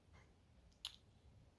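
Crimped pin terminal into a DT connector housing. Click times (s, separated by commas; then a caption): 0.9 s. A second crimped pin terminal is pushed up into a DT connector housing and clicks into place at 0.9 s with a sharp, bright tick, followed by a fainter tick just after. The terminal is seated and locked with no return, over a low background rumble.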